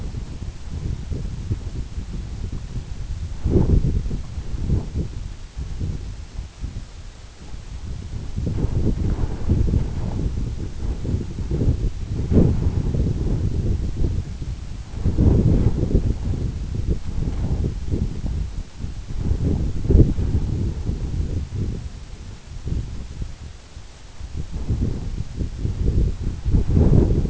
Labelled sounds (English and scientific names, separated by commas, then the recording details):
none
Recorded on Arctic tundra, site EABA-1, on 26 June 2018
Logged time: 00:00